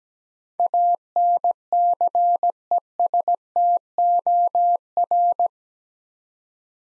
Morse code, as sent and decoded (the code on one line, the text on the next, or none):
.- -. -.-. . ... - --- .-.
ANCESTOR